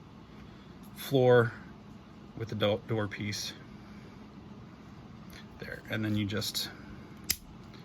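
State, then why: Released. Someone talks while interlocking plastic or vinyl tile pieces, a floor piece with a door piece, are wiggled apart from the sprue. A sharp snap at 7.3 s sounds like breaking, but nothing breaks; it is the ridges clicking as the pieces release.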